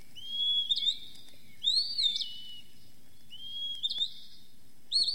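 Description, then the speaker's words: Eastern Wood-Pewee delivering sweet whistled phrases with upward and downward slurs, a new phrase roughly every one and a half seconds. Dawn song of a small, plainly coloured flycatcher from a large maple holding its nest; each bird improvises the order of the species' three typical phrases. "Du fait d'un grand érable où il a établi son nid, le pioui de l'Est, un petit moucherol aux couleurs sobres, livre son chant d'aurore."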